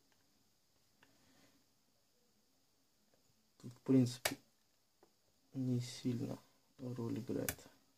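After cleaning, a plastic fan impeller is handled beside the metal shaft of a cooler motor, ready to be pushed back on until it clicks. A faint tick at 1.0 s and quiet rustling come before someone talks in bursts from about 3.6 s to the end. Nothing has seated or clicked yet.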